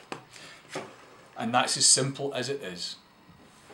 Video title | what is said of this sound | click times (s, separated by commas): Festival Trolley Wheels Trouble Shoot | once it's in place it'll lock into place you just move it back forward and you can feel it locking into place | 0.1 s